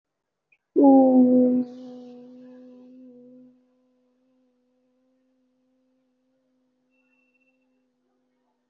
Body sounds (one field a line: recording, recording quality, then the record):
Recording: sustained vowel as in boot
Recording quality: excellent, no background noise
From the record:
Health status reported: recovered from COVID-19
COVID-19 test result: positive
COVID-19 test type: RT-PCR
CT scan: taken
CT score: 0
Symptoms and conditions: cough, cold, breathing difficulty, sore throat, fatigue, another respiratory illness, another condition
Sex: female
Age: 25 years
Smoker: no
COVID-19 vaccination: both doses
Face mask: worn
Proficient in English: yes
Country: India